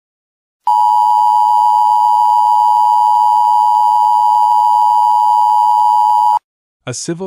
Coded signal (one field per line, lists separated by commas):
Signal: Emergency Alert System (SAME) tones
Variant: 853 and 960 Hz attention tone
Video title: Bloody Angel: A Mini EAS Scenario